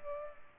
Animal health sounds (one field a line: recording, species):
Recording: mosquito wingbeat signal from an infrared sensor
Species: Culex pipiens